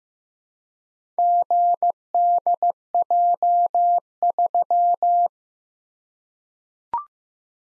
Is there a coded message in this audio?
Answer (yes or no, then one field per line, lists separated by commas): yes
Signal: Morse code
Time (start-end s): 1.2-5.3 s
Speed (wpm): 15 wpm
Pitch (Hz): 700 Hz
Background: none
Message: GDJ3